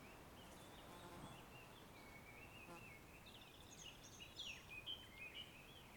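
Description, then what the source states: Bird song, faint high whistled notes that slide and flutter, most active in the last two seconds, over a steady hiss of background noise. Forest birds.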